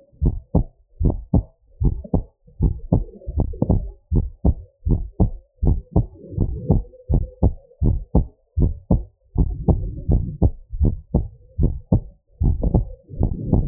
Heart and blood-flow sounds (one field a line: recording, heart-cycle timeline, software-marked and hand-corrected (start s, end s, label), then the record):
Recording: heart sounds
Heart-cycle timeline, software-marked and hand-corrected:
0.00	0.22	diastole
0.22	0.34	S1
0.34	0.56	systole
0.56	0.66	S2
0.66	1.02	diastole
1.02	1.16	S1
1.16	1.34	systole
1.34	1.44	S2
1.44	1.82	diastole
1.82	1.96	S1
1.96	2.14	systole
2.14	2.24	S2
2.24	2.62	diastole
2.62	2.74	S1
2.74	2.92	systole
2.92	3.04	S2
3.04	3.36	diastole
3.36	3.48	S1
3.48	3.70	systole
3.70	3.82	S2
3.82	4.16	diastole
4.16	4.28	S1
4.28	4.46	systole
4.46	4.56	S2
4.56	4.88	diastole
4.88	5.02	S1
5.02	5.20	systole
5.20	5.32	S2
5.32	5.68	diastole
5.68	5.80	S1
5.80	5.96	systole
5.96	6.06	S2
6.06	6.38	diastole
6.38	6.50	S1
6.50	6.68	systole
6.68	6.82	S2
6.82	7.14	diastole
7.14	7.26	S1
7.26	7.44	systole
7.44	7.54	S2
7.54	7.86	diastole
7.86	7.98	S1
7.98	8.16	systole
8.16	8.26	S2
8.26	8.58	diastole
8.58	8.72	S1
8.72	8.90	systole
8.90	9.02	S2
9.02	9.40	diastole
9.40	9.52	S1
9.52	9.68	systole
9.68	9.80	S2
9.80	10.10	diastole
10.10	10.24	S1
10.24	10.42	systole
10.42	10.52	S2
10.52	10.82	diastole
10.82	10.96	S1
10.96	11.16	systole
11.16	11.26	S2
11.26	11.60	diastole
11.60	11.74	S1
11.74	11.92	systole
11.92	12.04	S2
12.04	12.42	diastole
12.42	12.58	S1
12.58	12.74	systole
12.74	12.86	S2
12.86	13.20	diastole
13.20	13.32	S1
13.32	13.52	systole
13.52	13.66	S2
13.66	13.68	diastole
From the record:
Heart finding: normal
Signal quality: good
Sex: female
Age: 43 years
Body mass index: 36.3